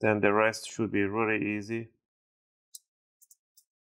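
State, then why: Released. Someone talks for about the first two seconds while a guitar pick is worked around the seam between the plastic bottom cover and the palm rest of an Acer Nitro 5 AN515-57-79TD laptop, during a RAM upgrade. After a pause, the bottom cover's clips pop loose from the palm rest with sharp, short clicks at 2.8, 3.3 and 3.6 seconds. The clips are released and nothing is breaking.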